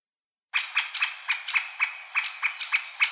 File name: dyatel bolshoy pestryy golos